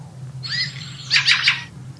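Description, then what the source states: Fieldfare call: a short squeaky whistled note, then a harsh, chattering burst of rapid rasping notes, over a low steady hum. Fieldfares seen and heard in gardens in December; the call cannot be confused with another species once heard outdoors.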